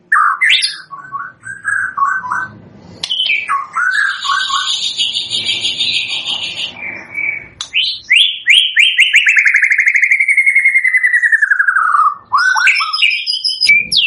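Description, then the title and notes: White-rumped shama song: varied whistles and a raspy high burst, then a long series of rapid notes sliding into a drawn-out falling whistle. Used as a lure for bird trapping (pikat); energetic, vigorously singing (gacor) bird. "PANCINGAN MURAI BATU GACOR. pikat"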